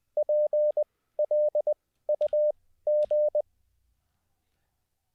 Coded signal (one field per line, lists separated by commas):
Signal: Morse code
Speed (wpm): 20 wpm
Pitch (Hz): 600 Hz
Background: none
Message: PLUG